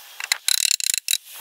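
The wooden bottom panel of a two-tier wooden modular vegetable planter box is forced into its slot in the planter box frame, producing bursts of sharp, rapid ratchet-like knocks and clicks. Nothing has seated yet; the panel is still being persuaded toward place when the sound ends.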